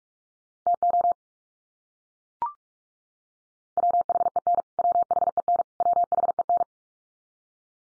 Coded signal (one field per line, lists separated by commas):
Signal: Morse code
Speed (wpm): 44 wpm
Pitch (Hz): 700 Hz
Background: none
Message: TO WHEN WHEN WHEN